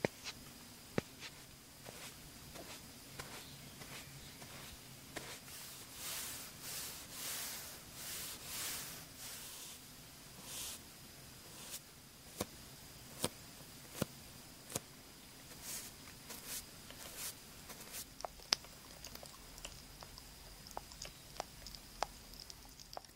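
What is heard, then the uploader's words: Slow makeup brushing and face touching: soft bright swishes cluster mid-clip, between scattered sharp taps and clicks over a faint steady hum. Slow & Tingly Makeup, Brushing, Face Touch.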